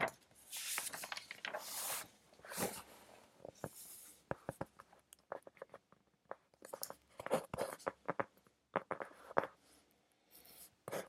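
Pencil writing while studying: scratchy strokes fill the first few seconds, then give way to quick irregular taps and short scrapes over a faint hiss.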